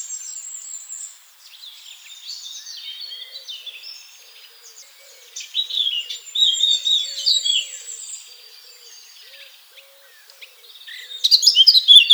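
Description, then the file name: Eurasian blackcap warbling: a subdued, scratchy chatter with thin high notes, louder for a while in the middle, then a sudden loud burst at the end. "Sylvia atricapilla"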